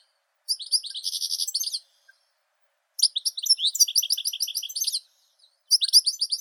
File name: Golosa ptic - CSHegol Carduelis carduelis